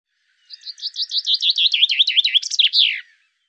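Bird gives a clean song phrase: evenly spaced, high downward-slurred notes, gaining strength before a final descending swoop.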